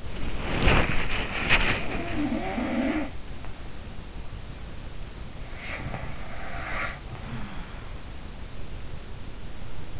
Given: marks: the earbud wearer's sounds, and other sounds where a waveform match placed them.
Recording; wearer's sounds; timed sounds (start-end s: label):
sounds in sleep by an in-ear microphone; body movement
0.00-2.31 s: body movement
1.91-3.37 s: sound from someone else or the room
5.28-7.99 s: sound from someone else or the room